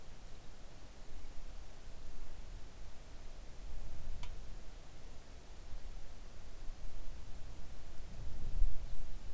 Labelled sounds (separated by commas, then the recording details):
songbird
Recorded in the Arctic National Wildlife Refuge, Alaska, on 3 August 2019 at 05:29
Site 41